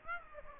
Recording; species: mosquito wingbeat signal from an infrared sensor; Aedes aegypti